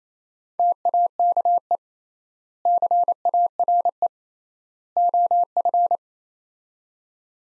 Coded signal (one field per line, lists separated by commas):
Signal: Morse code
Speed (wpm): 28 wpm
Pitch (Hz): 700 Hz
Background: none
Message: TAKE CARE OF